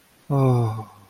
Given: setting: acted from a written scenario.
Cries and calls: vocal sound without words; serenity

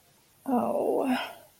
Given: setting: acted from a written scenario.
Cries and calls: vocal sound without words; guilt

